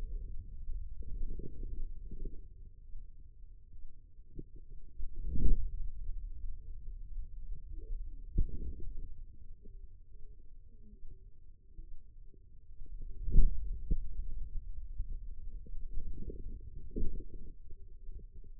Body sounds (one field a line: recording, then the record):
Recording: forearm muscle sounds (acoustic myography)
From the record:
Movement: hand closing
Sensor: system 2, bracelet of six BSWA MPA416 microphones around the upper forearm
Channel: 3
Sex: female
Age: 25 years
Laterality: right